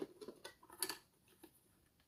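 The removable dust bin or filter part of a Proscenic i10 cordless stick vacuum is pushed back into its hole in the vacuum body after being taken out. A few light taps and rattles lead up to a sharp click at 0.8 s, followed by a smaller one just after. Then it goes quiet, with the part clicked back into place and engaged.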